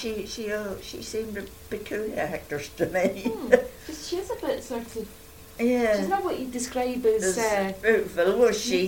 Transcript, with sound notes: She seemed a peculiar actress to me. [laughs]
Mhm. She is a bit sort of. She's not what you would describe as eh--
Beautiful, was she?